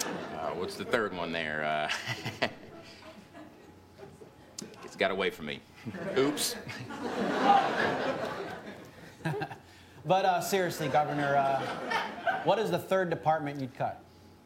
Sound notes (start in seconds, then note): 1.8 laughter; 5.8 laughter